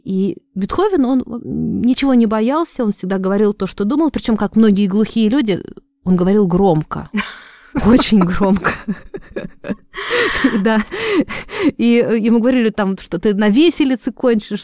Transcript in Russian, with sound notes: А Бетховен — он ничего не боялся, он всегда говорил то, что думал — причем, как многие глухие люди, он говорил громко, очень громко... (смеются) И ему говорили: «Ты что там... на виселицу хочешь?